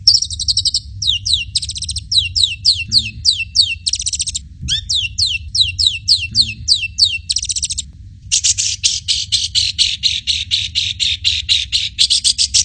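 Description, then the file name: Long-tailed shrike song mixing fast down-slurred whistled notes and trills, broken by brief gaps, then a long run of dense rasping notes. Owned by Om Renaldi, singing in the 'teroris' style. "audio cendet teroris milik om renaldi"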